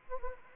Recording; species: mosquito wingbeat signal from an infrared sensor; Anopheles gambiae